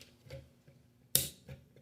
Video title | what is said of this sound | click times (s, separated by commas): Rerelease: Transformers TLK Voyager Optimus Prime | arch it up, and just snap it into place. Repeating the same process. | 1.1 s